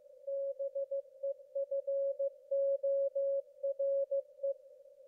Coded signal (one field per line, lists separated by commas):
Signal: Morse code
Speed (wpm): 15 wpm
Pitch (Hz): 550 Hz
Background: none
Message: BEFORE